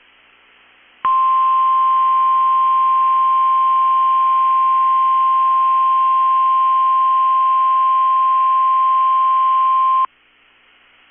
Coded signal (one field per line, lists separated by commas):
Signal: Emergency Alert System (SAME) tones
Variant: 1050 Hz attention tone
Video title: 2/15/23 - KEC65 Required Weekly Test (EAS #717)